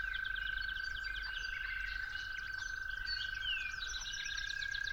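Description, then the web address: Toads trilling in a constant high drone for the full five seconds, accompanied by assorted bird calls and whistles. Toads recorded calling at dawn. "musicofnature Toads at Dawn"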